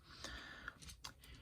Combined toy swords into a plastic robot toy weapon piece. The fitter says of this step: And then, you let it snap into place.